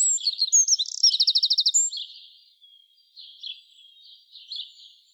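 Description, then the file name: Eurasian wren song: a burst of high, rapid trilled notes and a fast rattling series, followed by fainter scattered high chirps. "Troglodytes troglodytes"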